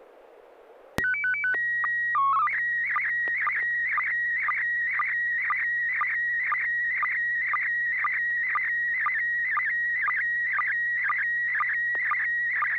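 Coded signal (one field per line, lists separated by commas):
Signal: SSTV (slow-scan television)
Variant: PD 120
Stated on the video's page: SSTV net on a 441.300 MHz FM repeater, Wednesday nights, using MMSSTV.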